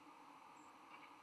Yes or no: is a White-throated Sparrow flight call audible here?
yes